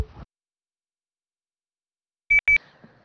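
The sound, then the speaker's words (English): A phone text message alert for a message from a brother sounds as two quick, loud, high-pitched beeps in close succession, following a stretch of silence, with a faint hum trailing after. “My brother just messages me.”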